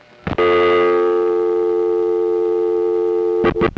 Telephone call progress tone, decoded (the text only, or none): dial tone